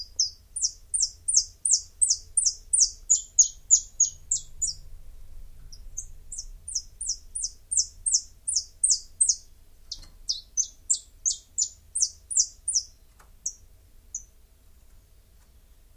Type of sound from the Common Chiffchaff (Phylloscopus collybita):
song